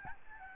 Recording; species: mosquito wingbeat signal from an infrared sensor; Aedes albopictus